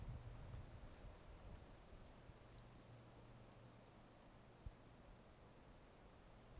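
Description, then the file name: Brachycephalus mirissimus producing one short, piercing high peep midway, with a faint click afterward and soft background hiss. Recorded 18 January 2018; individual 05; the two initial notes of the call are missing; specimen not collected. "Brachycephalus mirissimus 18 jan 2018 individual 05 ex 05 two initial notes missing L F Ribeiro not collected"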